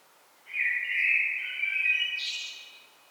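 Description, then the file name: Common blackbird song: a single rich whistled phrase that holds steady, then ends with a brief high, thin twitter. "Turdus merula"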